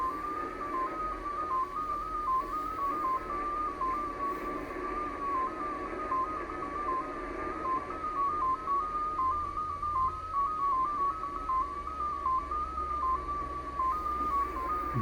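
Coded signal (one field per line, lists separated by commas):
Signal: numbers station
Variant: XPA2, 14-tone MFSK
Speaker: All right, so the decode has started.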